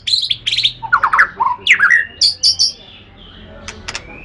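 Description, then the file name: White-rumped shama song: a quick run of clear whistled notes, some sliding down and some rising, then sharp high chips, with a quiet pause near the end. Song, Lhokseumawe. "kicau murai batu matrix pawang bc lhokseumawe"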